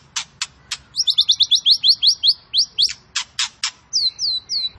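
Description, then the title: White-rumped shama giving sharp clicks, then a rapid run of about a dozen high rising whistled notes, more clicks and three thin downslurred whistles. Fighter-type bird, quick to become agitated. "Murai Fighter Cepat Emosi. Murai Petarung Cepat Emosi"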